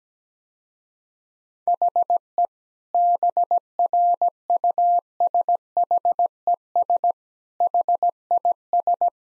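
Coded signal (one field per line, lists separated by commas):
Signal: Morse code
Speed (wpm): 17 wpm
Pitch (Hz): 700 Hz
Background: none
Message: HE BRUSHES HIS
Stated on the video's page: Morse practice sentences at 17 wpm with contextual hints.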